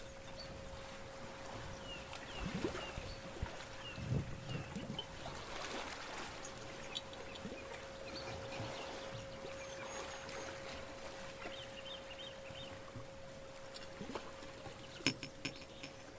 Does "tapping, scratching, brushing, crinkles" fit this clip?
no